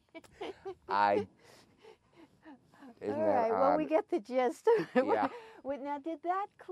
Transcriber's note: laughing